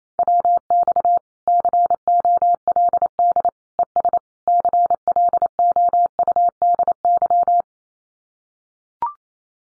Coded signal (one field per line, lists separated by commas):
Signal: Morse code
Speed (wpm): 28 wpm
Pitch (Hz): 700 Hz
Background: none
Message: WX COLD ES CLOUDY